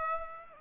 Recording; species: mosquito wingbeat signal from an infrared sensor; Aedes aegypti